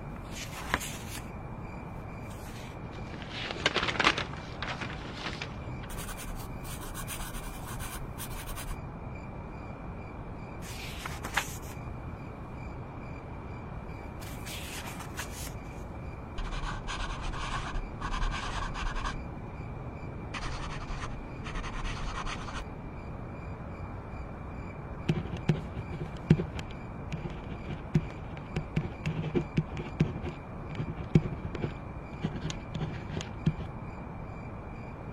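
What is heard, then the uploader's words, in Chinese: Late-night writing in a dorm: steady scratching of a pen over a low room hum, with brief papery rustles and page turns throughout. 深夜在宿舍学习 超舒适夜间写字声翻书声。深夜宿舍学习 氛围白噪音。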